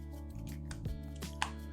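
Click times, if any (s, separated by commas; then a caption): 1.4 s. While building a Tamiya 1/14 Grand Hauler RC truck, the two plastic halves of the differential case are closed over the greased differential gears. Soft handling sounds play over a steady background tone, then a sharp click at 1.4 s marks the case snapping shut and seating.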